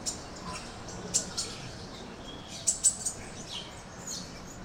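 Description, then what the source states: Birds chirping, scattered brief high chirps in small bursts over quiet background noise. Birds chirping on a tree.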